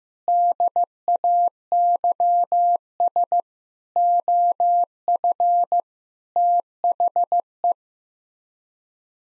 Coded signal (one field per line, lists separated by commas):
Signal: Morse code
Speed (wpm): 16 wpm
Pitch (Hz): 700 Hz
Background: none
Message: DAYS OF THE